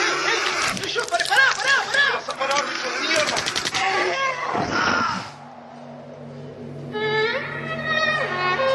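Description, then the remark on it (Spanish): A gunshot sound effect, a shot that throws a soldier backward during a fight in a stadium: a burst of sharp cracks followed by a loud blast that quickly fades into a low hum, mixed with shrill, wailing creature-like cries before and after. “El disparo arroja al soldado hacia atrás, despedazado.”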